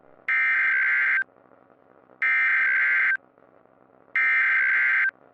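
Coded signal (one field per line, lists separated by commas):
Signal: Emergency Alert System (SAME) tones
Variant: header bursts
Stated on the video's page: Fictional EAS scenario, a simulated blizzard warning, not a real alert.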